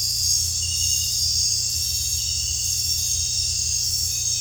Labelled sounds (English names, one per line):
none